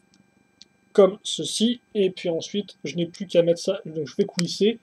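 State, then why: Seated. A pin on a plastic building-brick beam (a 3-length bar with pin) is pushed into a technic hole and snaps into place with a short, sharp click at 0.6 s, after a faint tick at 0.1 s. Someone then talks for the rest of the clip as the pin sits seated in the hole.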